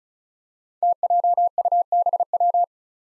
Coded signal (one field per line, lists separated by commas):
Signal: Morse code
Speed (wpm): 36 wpm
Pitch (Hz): 700 Hz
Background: none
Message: TJUBW